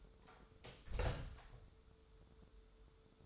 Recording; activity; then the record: daily activity, microphone in the room; close door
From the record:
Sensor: 3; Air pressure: 1015.2 hPa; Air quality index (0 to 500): 167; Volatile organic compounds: 13 ppm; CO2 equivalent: 2381 ppm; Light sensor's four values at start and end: 16/40/16/17 and 16/40/16/17